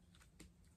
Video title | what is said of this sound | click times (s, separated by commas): On The Shelf - ARMADA: Starscream! | and just wiggle around to where the head pops into place you hear a weird small little pop noise | 0.4 s